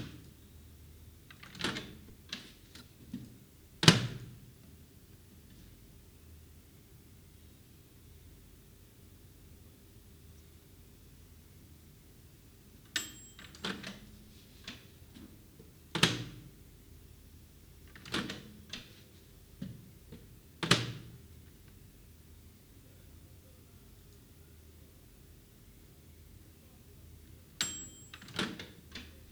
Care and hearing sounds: daily activity, guitar pickup as the sensor; use microwave

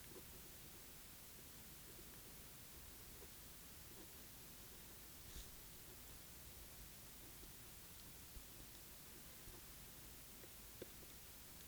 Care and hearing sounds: daily activity, guitar pickup as the sensor; write

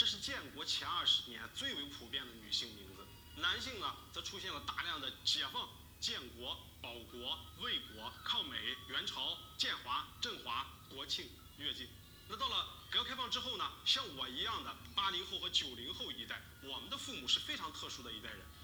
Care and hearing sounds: daily activity, guitar pickup as the sensor; browse video

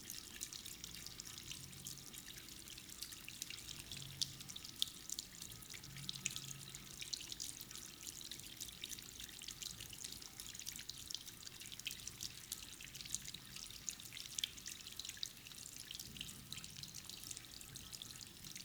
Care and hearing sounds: daily activity, guitar pickup as the sensor; wash hands

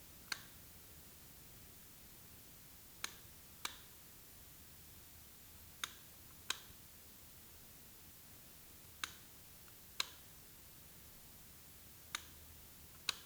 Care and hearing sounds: daily activity, guitar pickup as the sensor; operate light

